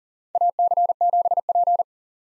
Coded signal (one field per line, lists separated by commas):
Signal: Morse code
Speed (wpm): 40 wpm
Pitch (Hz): 700 Hz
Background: none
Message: AC7P